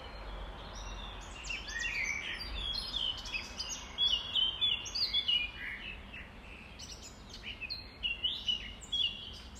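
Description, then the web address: Common nightingale song: varied whistles, trills and sharp notes in quick bursts, over a steady background hiss. Recorded at dawn, around 05:33, on 5 May 2020. "2020 05 06 nightingales"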